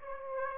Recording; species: mosquito wingbeat signal from an infrared sensor; Aedes aegypti